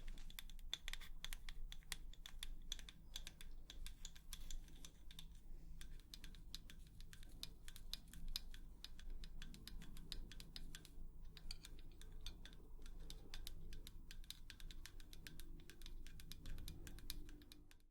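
Rapid, irregular tapping like keyboard typing runs throughout, dense clicks over a steady low hum, with a brief pause near eleven seconds.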